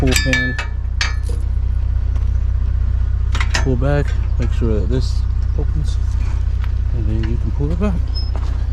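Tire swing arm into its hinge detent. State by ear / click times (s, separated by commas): not seated / none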